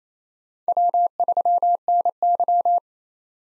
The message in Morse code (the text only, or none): W3NY